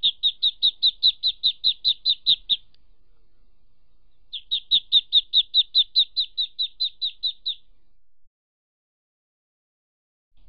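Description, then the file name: Rapid, high duckling peeps in two even runs of around fourteen notes each, a short pause between them and silence at the end. "Tieng vit con keu"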